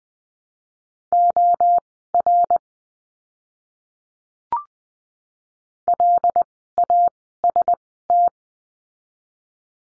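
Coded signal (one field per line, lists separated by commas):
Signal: Morse code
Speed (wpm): 20 wpm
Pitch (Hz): 700 Hz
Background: none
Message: OR LAST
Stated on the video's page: Morse course lesson on the letter L, words sent at Farnsworth speed of 20/10 wpm.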